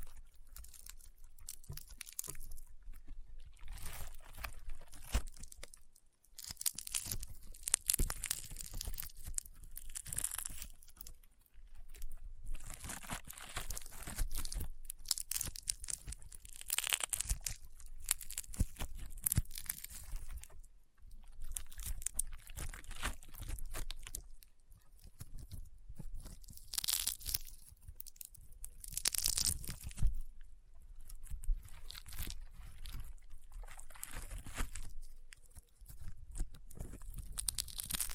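Slime being squeezed and worked produces a dense stream of crunching and popping, with crisp, bright crackles packed tightly together. The activity comes in bursts of a few seconds, broken by brief near-silent pauses around 6, 11 and 21 seconds, then resuming just as busily.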